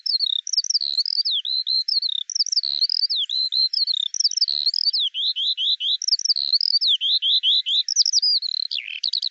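Eurasian skylark song, a dense continuous stream of high twittering, rising-and-falling whistled notes delivered rapidly without a break.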